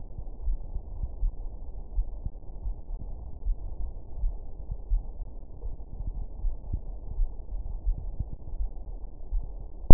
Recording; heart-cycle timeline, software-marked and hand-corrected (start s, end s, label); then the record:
heart sounds
0.00	0.05	S2
0.05	0.45	diastole
0.45	0.57	S1
0.57	0.73	systole
0.73	0.83	S2
0.83	1.21	diastole
1.21	1.31	S1
1.31	1.47	systole
1.47	1.57	S2
1.57	1.95	diastole
1.95	2.07	S1
2.07	2.23	systole
2.23	2.31	S2
2.31	2.63	diastole
2.63	2.75	S1
2.75	2.93	systole
2.93	3.05	S2
3.05	3.45	diastole
3.45	3.59	S1
3.59	3.77	systole
3.77	3.87	S2
3.87	4.19	diastole
4.19	4.33	S1
4.33	4.47	systole
4.47	4.55	S2
4.55	4.91	diastole
4.91	5.03	S1
5.03	5.21	systole
5.21	5.29	S2
5.29	5.65	diastole
5.65	5.77	S1
5.77	5.95	systole
5.95	6.05	S2
6.05	6.43	diastole
6.43	6.55	S1
6.55	6.71	systole
6.71	6.81	S2
6.81	7.17	diastole
7.17	7.29	S1
7.29	7.43	systole
7.43	7.51	S2
7.51	7.87	diastole
7.87	8.01	S1
8.01	8.17	systole
8.17	8.27	S2
8.27	8.59	diastole
8.59	8.71	S1
8.71	8.89	systole
8.89	8.97	S2
8.97	9.31	diastole
9.31	9.43	S1
9.43	9.53	systole
9.53	9.59	S2
9.59	9.87	diastole
9.87	9.93	S1
From the record:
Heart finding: coronary artery disease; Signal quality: good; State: rest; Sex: female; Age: 61 years